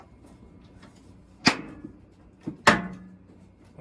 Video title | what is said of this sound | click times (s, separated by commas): Kenmore Elite 796.692720000 / DLEX5101W Dryer Repair - Dryer Runs But No Heat - Fix It Yourself! | little tabs that snap it hold it into place push those back in there's | 1.5 s, 2.7 s